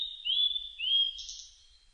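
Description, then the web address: Blue-and-white flycatcher song: two clear upslurred whistles, then a buzzy, higher trailing note as the phrase ends. Recorded 25 June 2006. "2006 060625 ooruri"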